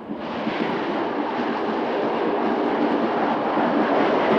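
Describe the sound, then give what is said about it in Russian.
A railway train rushes into Shutikhinsk station at high speed with a loud, continuous rattling roar that holds steady for several seconds, its clatter over the rail joints blending into the din. No one speaks. “На станцию Шутихинск на огромной скорости, громыхая на стыках, влетел железнодорожный состав.”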